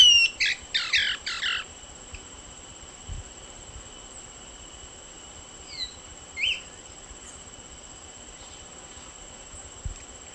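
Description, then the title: Short-crested flycatcher giving a rapid burst of buzzy, rolling notes in the first two seconds, then a few faint chips against a constant high whine. "LuckyPassaro Completos2Sama. Short-crested Flycatcher (Myiarchus ferox)"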